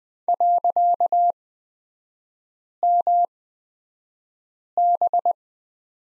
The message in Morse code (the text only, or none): .MB